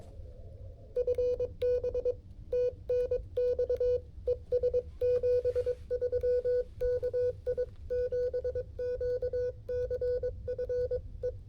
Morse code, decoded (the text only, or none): FB TNX ES 73 KI7QCF E